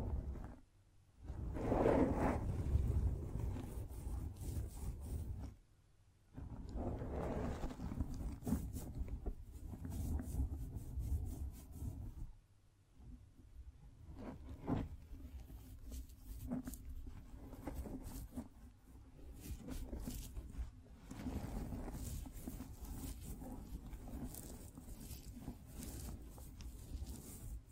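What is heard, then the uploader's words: Dense scratching and rubbing with quick tapping runs throughout, dropping out into brief near-silences around 1, 6 and 12 seconds. ASMR Brain NUMBING Triggers Scratching, Tracing, Tapping (No Talking).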